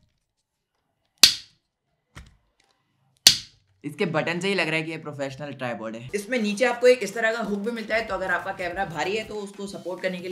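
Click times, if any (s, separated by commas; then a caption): 1.2 s, 3.3 s. A leg lock lever on a Digitek tripod leg is snapped shut, giving two loud, sharp snaps at 1.2 s and 3.3 s with a faint tick around 2.2 s between them. The lock seats, and then someone talks.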